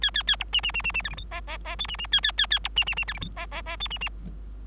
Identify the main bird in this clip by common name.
Bengalese Finch